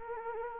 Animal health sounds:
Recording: mosquito wingbeat signal from an infrared sensor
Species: Anopheles gambiae

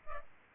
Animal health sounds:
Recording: mosquito wingbeat signal from an infrared sensor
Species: Culex pipiens

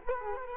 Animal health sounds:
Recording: mosquito wingbeat signal from an infrared sensor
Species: Culex quinquefasciatus

